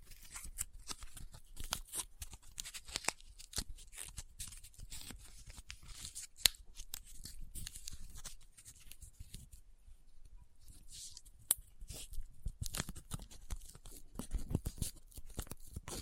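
Paper being handled, with dense crinkling, rubbing and scratching made of many quick dry crackles. The activity is fairly continuous but uneven, easing into a quieter stretch around ten seconds before picking up again. A couple of sharper snaps stand out near six and eleven seconds.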